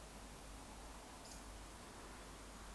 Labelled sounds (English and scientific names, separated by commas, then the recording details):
Eurasian Woodcock (Scolopax rusticola) whistle
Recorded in Baden-Württemberg, Germany, on 18 June 2021 at 19:24 UTC
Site 49334, 1074 m above sea level